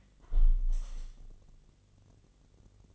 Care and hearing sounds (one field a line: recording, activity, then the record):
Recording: daily activity, microphone in the room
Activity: close window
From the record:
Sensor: 4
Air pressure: 1015.8 hPa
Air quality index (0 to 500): 125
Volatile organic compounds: 3 ppm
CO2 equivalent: 1407 ppm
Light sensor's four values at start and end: 9/20/8/8 and 9/20/8/7